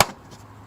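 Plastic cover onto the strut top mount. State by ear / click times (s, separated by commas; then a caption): seated / 0.0 s. A plastic cover is lined up by its notch and pressed onto the strut top mount. It gives one sharp click at 0.0 s, which quickly fades to quiet. The click confirms the cover is seated and installed correctly.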